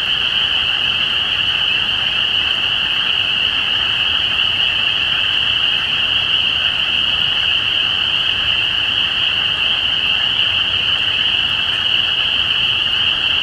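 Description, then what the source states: Dense spring peeper chorus: high, shrill, overlapping peeps fused into a continuous ringing drone. Recorded at Easter 2017.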